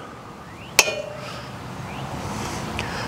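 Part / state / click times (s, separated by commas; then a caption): folding handlebar stem into its locking hinge on the e-bike / seated / 0.8 s. The folding handlebar stem of a Lectric XP e-bike is raised and pushed down into its locking hinge, giving a sharp metallic clink at 0.8 s as the lock engages. A faint tick follows at 2.8 s over low background noise. The stem is locked into place.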